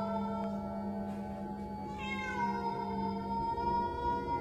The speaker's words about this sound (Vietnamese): Bất giác có tiếng mèo kêu vang vọng từ khu đồng mả đằng sau vang lên.